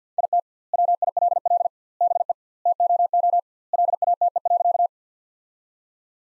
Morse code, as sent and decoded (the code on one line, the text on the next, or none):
.. - / .-- .. .-.. .-.. / -... . / - --- --- / .-.. .- - . .-.-.-
IT WILL BE TOO LATE.